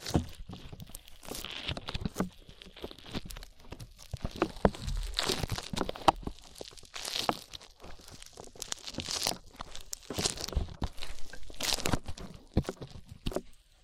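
Slime being squished and handled, with constant sticky crackles, pops and wet crinkling sounds. The sound is dense and irregular, with bright snapping bursts every second or so and louder squelches around five, seven and eleven seconds. Nothing else is heard.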